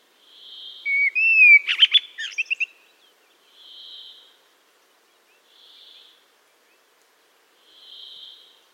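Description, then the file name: Common blackbird giving one song phrase: a rising fluted whistle, then a burst of scratchy twitters, followed by a few soft hissing sounds. "Turdus merula"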